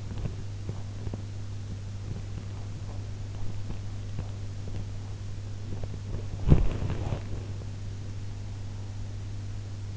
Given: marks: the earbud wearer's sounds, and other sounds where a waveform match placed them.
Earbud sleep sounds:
sounds in sleep by an in-ear microphone; teeth grinding, body movement
0.00-1.24 s: teeth grinding
1.60-6.02 s: teeth grinding
6.38-7.44 s: body movement

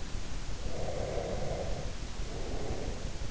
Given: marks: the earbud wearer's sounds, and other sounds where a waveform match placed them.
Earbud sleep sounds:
sounds in sleep by an in-ear microphone; breath
0.59-3.20 s: breath

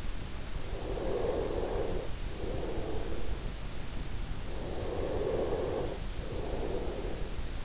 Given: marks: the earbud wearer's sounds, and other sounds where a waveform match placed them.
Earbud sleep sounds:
sounds in sleep by an in-ear microphone; snoring breath
0.65-3.65 s: snoring breath
4.65-7.65 s: snoring breath

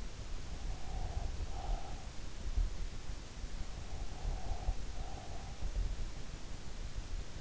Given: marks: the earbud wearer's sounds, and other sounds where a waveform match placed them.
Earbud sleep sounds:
sounds in sleep by an in-ear microphone; breath
0.52-2.30 s: breath
3.79-5.92 s: breath

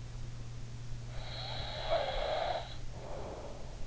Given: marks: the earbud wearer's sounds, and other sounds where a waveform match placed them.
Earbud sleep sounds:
sounds in sleep by an in-ear microphone; snoring breath
1.21-3.84 s: snoring breath

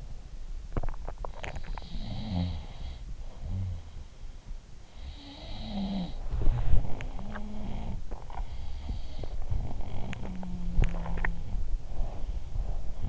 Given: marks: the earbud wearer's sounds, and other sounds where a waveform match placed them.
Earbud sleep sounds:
sounds in sleep by an in-ear microphone; teeth grinding, body movement
0.62-2.08 s: teeth grinding
1.27-8.09 s: sound from someone else or the room
6.67-13.09 s: body movement
8.18-11.77 s: sound from someone else or the room

